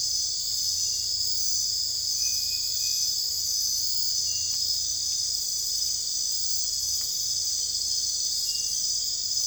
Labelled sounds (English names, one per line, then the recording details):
none
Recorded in secondary vegetation near Puerto Asís, Putumayo, Colombia, on 21 December 2024 at 22:00
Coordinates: 0.484, -76.319
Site GP06